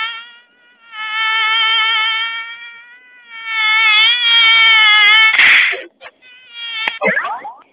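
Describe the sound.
Mosquito whine, a high, wavering buzzy tone in two long stretches, broken by a short noisy burst and then a brief rasping sound near the end.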